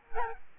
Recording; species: mosquito wingbeat signal from an infrared sensor; Aedes albopictus